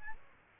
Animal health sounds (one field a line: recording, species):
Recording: mosquito wingbeat signal from an infrared sensor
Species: Aedes albopictus